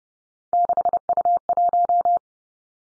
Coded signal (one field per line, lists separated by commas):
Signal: Morse code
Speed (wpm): 30 wpm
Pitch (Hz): 700 Hz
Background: none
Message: 6U1